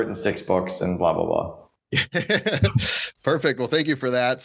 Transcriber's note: laughs